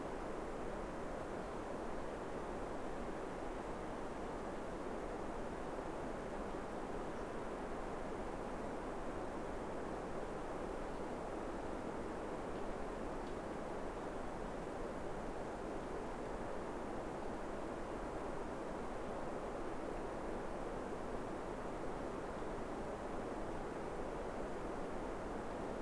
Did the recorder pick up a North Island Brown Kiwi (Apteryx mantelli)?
no